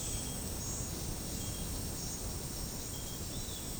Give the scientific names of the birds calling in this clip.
none